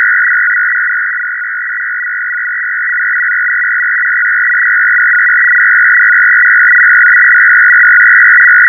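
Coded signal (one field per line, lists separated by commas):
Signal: numbers station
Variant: F01 FSK, 500 Hz shift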